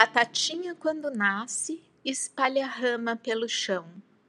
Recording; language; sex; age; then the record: short text; Brazilian Portuguese; female; 60 to 69 years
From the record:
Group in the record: control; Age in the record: 60 years